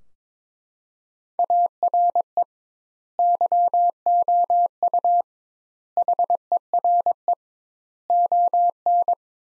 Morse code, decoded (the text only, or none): ARE YOU HERE ON